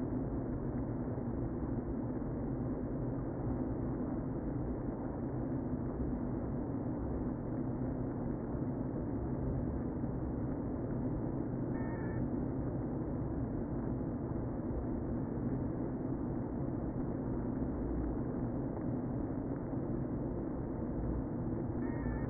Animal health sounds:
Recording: honeybee colony, microphone inside the hive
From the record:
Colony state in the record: queen present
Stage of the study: before two queens were removed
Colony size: about 60,000 bees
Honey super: yes

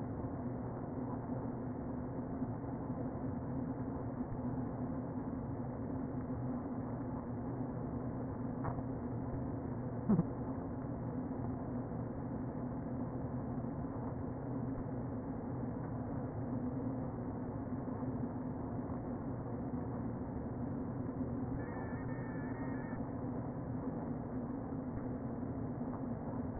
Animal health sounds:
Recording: honeybee colony, microphone inside the hive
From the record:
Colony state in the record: queen present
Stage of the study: before two queens were removed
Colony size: about 60,000 bees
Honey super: yes

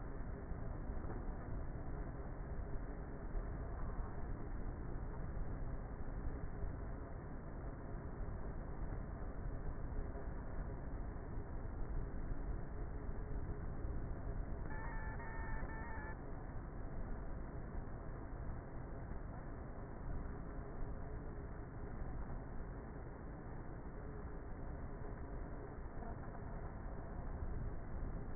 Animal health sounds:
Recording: honeybee colony, microphone inside the hive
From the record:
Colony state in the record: queenless with a low population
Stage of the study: before two queens were removed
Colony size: about 30,000 bees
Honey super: no

